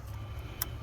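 A plastic electrical connector is pushed onto a fuel injector on a 2011 Chrysler 200 during reassembly after an oil cooler replacement; the connector has a red locking clip. Over a steady low rumble, a single sharp, bright click sounds at 0.6 s as the connector seats onto the injector.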